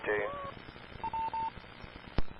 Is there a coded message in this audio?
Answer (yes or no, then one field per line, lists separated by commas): no